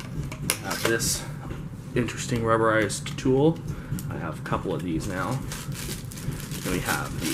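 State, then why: Seated. A plastic crevice tool is pushed onto a Hoover WindTunnel 3 vacuum hose or wand and locks in place very tight, with a sharp, short click at 0.5 s. Someone talks throughout, and a few soft handling knocks follow later.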